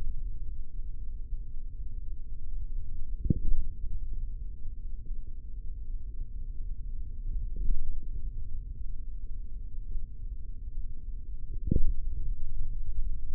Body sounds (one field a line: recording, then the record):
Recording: forearm muscle sounds (acoustic myography)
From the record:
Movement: finger pinch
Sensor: system 3, bracelet of six PUI Audio POM-2738L microphones around the upper forearm, with dedicated amplification and filtering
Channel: 2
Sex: male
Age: 43 years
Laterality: right